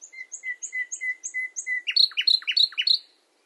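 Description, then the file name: Common nightingale song: paired high and low notes repeated about three times a second, then a louder run of rapid sweeping notes. "Luscinia megarhynchos"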